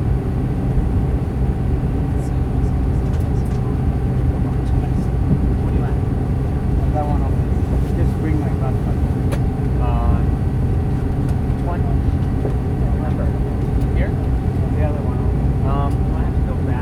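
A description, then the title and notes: An aircraft taking off at SJC: a loud, steady low roar holds at an even level throughout, with a faint mid-pitched whine running underneath. Brief snatches of voices surface around 7, 8, 10 and 14 seconds, along with a few light clicks. Takeoff At SJC.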